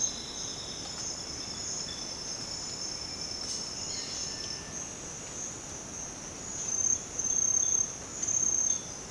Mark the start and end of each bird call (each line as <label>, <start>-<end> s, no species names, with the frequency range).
bird call (0.8-4.8 kHz), 3.85-4.86 s